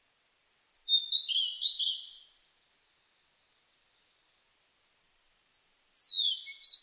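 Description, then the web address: Blue-and-white flycatcher singing a slow phrase of clear, slurred whistles that dip and rise, trailing into softer notes, then a pause before a new phrase begins with a descending whistle. Recorded on 23 May 2004. "2004 040523 ooruri"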